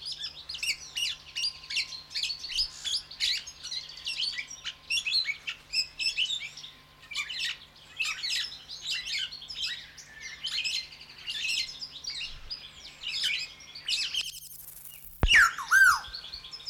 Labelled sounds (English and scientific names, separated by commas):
Black-naped Oriole (Oriolus chinensis)